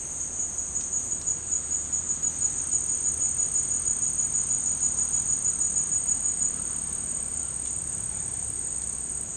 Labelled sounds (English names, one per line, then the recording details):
none
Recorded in secondary vegetation near Puerto Asís, Putumayo, Colombia, on 22 June 2025 at 14:00
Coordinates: 0.484, -76.319
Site G074